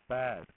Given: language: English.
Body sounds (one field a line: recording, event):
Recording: throat vibration sensor signal played as sound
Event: speech